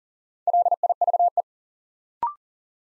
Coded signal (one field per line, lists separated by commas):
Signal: Morse code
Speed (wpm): 40 wpm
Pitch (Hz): 700 Hz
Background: none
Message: LIVE